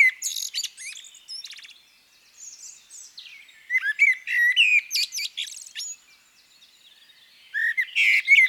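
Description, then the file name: Common blackbird: sweet low warbled phrases interleaved with high-pitched scratchy twittering, a quieter passage late, then a loud fluted phrase at the end. "CHernyj drozd - Turdus merula - British Library"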